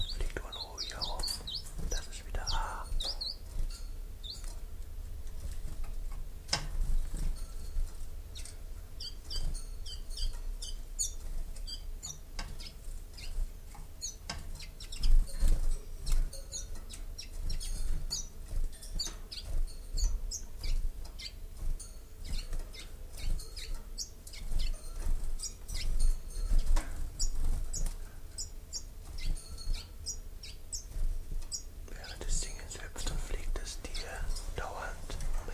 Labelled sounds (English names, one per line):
Common Chiffchaff